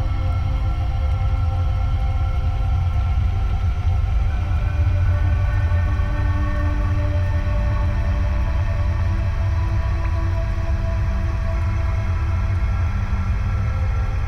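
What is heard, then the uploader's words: An arctic vessel's engine idles in a steady, dense low rumble that holds unchanged for the whole stretch. Several fixed tones hum above it, with a faint high hiss on top and no clear breaks or sharp events. I’m fairly certain the ship is a Norwegian Research and Expedition Vessel named the RV Lance.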